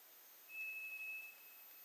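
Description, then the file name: White's thrush thin monotone whistle, high and flat, held for nearly a second before stopping, with soft hiss throughout. Recorded 2 July 2007. "toratugumi-20070702"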